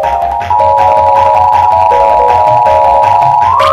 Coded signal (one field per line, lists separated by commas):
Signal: Emergency Alert System (SAME) tones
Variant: 853 and 960 Hz attention tone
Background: music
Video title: (TCPMV) Emergency Alert System Required Monthly Test Scan V2